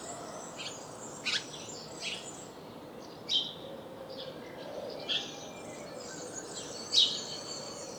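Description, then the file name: House sparrow chirps, fairly faint and spaced one to two seconds apart, the last one loudest, against noticeable background hiss and faint bird notes. "Passer domesticus"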